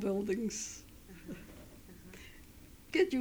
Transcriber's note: she chuckles